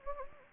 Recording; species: mosquito wingbeat signal from an infrared sensor; Anopheles gambiae